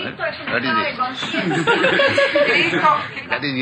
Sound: laughter